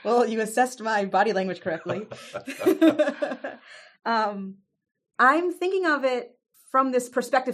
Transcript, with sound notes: Well, you assessed my body language correctly. *laughs* I’m thinking of it from this perspective.